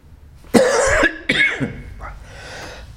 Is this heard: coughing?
yes